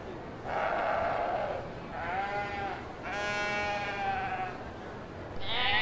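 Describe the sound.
Sheep bleating in a series of long, wavering, harmonic bleats, one after another, the last one higher-pitched.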